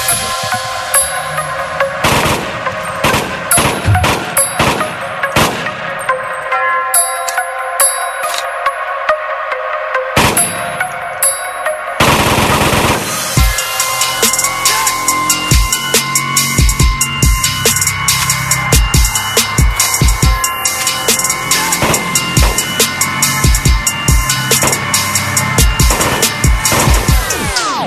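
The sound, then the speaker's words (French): A rap track plays loudly with a dense, punchy beat and layered melodic tones; the low end drops out briefly partway through before the full beat crashes back in. “Allez, on le balance le morceau, c'est parti.”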